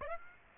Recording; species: mosquito wingbeat signal from an infrared sensor; Aedes aegypti